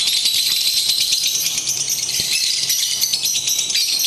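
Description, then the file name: Lovebird song, a rapid, high, buzzy chatter running without pause. Simulated lovebird singing competition. "audio-simulasi-lomba-lovebird -omkicau"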